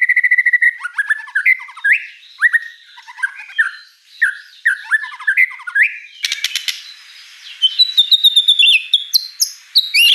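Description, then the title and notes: White-rumped shama song: a rich, varied run of clear whistles, slurred notes and quick chirps, with bright high trills near the end; no other clear sounds. Lure song used to prompt other birds, the bird singing energetically ('gacor') and pouring out a lavish repertoire of inserted phrases ('isian'). "Pancingan Gacor Murai Batu Bongkar Isian Mewah. Audio Murai Batu Dongfeng"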